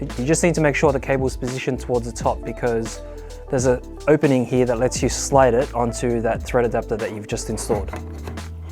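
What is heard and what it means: A Godox Ring72 macro LED ring light is being handled as its head is positioned to slide onto the thread adapter ring on the lens, with the cable placed toward the top so an opening lets it pass. Someone talks over background music throughout, with no distinct handling sounds. Nothing has seated or clicked into place yet.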